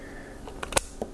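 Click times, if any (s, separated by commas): 0.8 s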